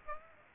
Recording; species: mosquito wingbeat signal from an infrared sensor; Aedes aegypti